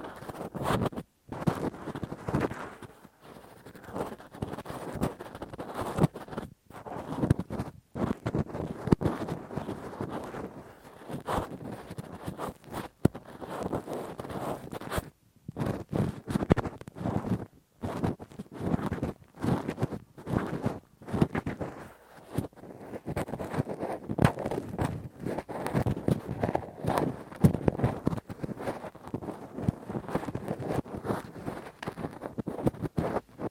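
Deep ear cleaning with a Q-tip and ear pick: dense, rough scraping and rubbing that crackles in rapid bursts with almost no pause. The sound stays low and gritty, with brief sharp dropouts of silence near 1, 15 and 17 seconds.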